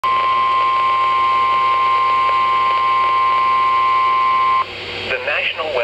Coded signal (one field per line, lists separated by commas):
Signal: Emergency Alert System (SAME) tones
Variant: 1050 Hz attention tone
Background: speech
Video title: Severe Thunderstorm Warning (EAS #977) 6/14/17